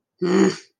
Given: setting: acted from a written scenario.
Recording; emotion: vocal sound without words; anger